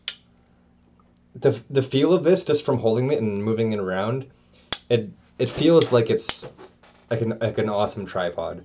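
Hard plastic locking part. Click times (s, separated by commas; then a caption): 0.1 s. A part of a K and F Concept TM2324 Black tripod is turned the other way and set, and it snaps into its locked position on the tripod with a sharp click at 0.1 s. Someone then talks. The part is seated.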